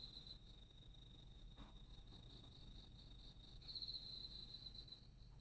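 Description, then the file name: Bell cricket song, a continuous high trilling tone that grows louder for the last part, with a soft low hum beneath. "スズムシ"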